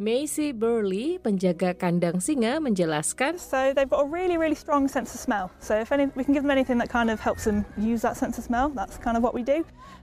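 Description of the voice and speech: Clear, fluent adult female speech: a brief Indonesian narration, then a zoo lion keeper speaking English in a steady, natural voice.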